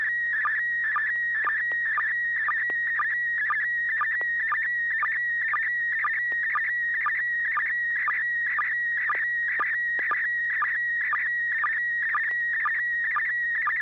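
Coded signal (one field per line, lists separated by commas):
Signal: SSTV (slow-scan television)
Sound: warbling tone around 1.9 kHz with a short low chirp about twice a second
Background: low hum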